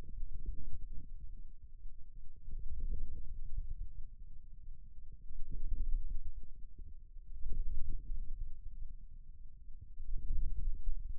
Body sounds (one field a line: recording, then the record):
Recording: forearm muscle sounds (acoustic myography)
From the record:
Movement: wrist flexion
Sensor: system 2, bracelet of six BSWA MPA416 microphones around the upper forearm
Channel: 2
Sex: male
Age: 22 years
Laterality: right